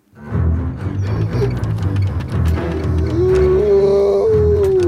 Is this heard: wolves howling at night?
yes